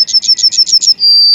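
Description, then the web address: Yellowhammer singing six quick repeated chips followed by a sustained high final note. "Kurs PTTK Kurs materiały Przyroda Ptaki Trznadal"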